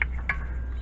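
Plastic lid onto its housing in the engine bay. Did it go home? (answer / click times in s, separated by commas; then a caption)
no / none. A plastic reservoir lid is handled over its housing in the engine bay of a 2004–2010 BMW 5 Series during a front brake and rotor replacement. Two sharp taps are heard at about 0.0 s and 0.3 s over a steady low hum. The lid has not clicked shut or seated yet.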